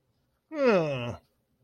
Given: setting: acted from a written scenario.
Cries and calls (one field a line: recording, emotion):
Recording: vocal sound without words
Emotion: disappointment